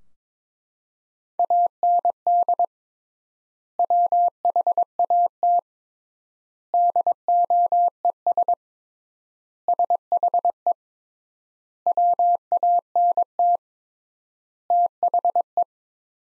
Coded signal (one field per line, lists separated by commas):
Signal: Morse code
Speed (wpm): 22 wpm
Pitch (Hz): 700 Hz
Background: none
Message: AND WHAT DOES SHE WANT THE